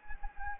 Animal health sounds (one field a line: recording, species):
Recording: mosquito wingbeat signal from an infrared sensor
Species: Anopheles gambiae